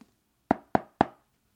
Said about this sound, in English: I arrived on Sunday and knocked on her door.